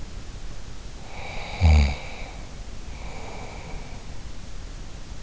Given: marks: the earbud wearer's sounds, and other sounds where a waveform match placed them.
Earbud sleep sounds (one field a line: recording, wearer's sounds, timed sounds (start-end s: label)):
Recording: sounds in sleep by an in-ear microphone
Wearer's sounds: snoring breath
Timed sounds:
0.95-4.15 s: snoring breath